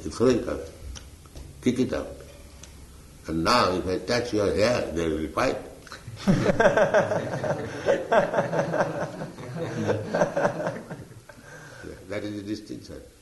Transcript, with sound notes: You throw it away, kick it out. And now, if I touch your hair, there will be fight. [laughter] Yes. That is the distinction.